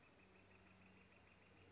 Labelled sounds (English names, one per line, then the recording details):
Northern Flicker
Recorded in Sonoma County, California